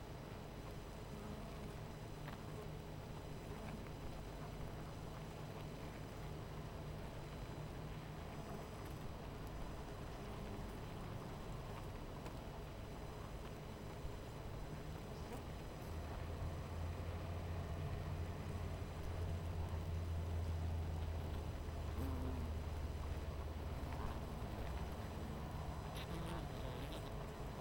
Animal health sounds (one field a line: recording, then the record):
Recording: honeybee colony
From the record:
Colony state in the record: missing queen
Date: 14 July 2017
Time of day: 12:38